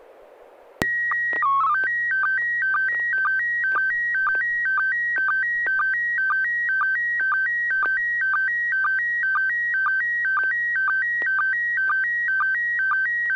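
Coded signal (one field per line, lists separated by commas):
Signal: SSTV (slow-scan television)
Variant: PD 120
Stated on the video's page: SSTV net held weekly on an FM repeater on 441.300 MHz in Sacramento, sent with MMSSTV software.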